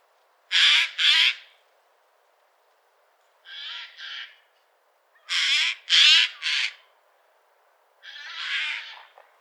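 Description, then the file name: Eurasian jay producing grating, scratchy screeches in short groups, some calls quieter than others, with brief silences between groups. "Garrulus glandarius"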